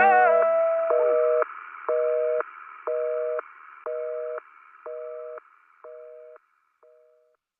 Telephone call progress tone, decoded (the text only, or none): busy tone